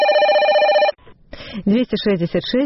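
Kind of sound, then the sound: signal or alarm, telephone ringing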